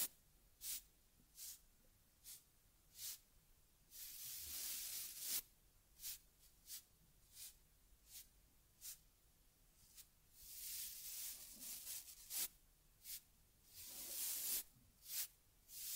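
Ear cleaning on a teddy bear: short, bright hissing strokes repeat about every half second to second, soft brushing or swabbing sounds. Longer sweeping hisses come around four to five seconds and again near ten and fourteen seconds, over a quiet low background.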